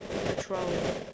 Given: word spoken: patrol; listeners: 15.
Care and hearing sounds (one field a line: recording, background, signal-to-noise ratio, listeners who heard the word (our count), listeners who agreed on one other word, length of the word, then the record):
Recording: one English word in noise, from a listening test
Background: noise modulated by three-talker babble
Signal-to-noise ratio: -3.8 dB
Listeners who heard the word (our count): 5 of 15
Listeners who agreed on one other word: 7 of 15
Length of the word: 0.73 s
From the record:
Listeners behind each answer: 7, 5, 2, 1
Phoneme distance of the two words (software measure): 17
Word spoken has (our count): 2 syllables, 6 phonemes, stress on syllable 2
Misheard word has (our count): 2 syllables, 7 phonemes, stress on syllable 2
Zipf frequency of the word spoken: 4.22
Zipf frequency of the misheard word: 5.14